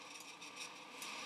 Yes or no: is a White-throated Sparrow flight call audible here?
no